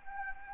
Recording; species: mosquito wingbeat signal from an infrared sensor; Anopheles arabiensis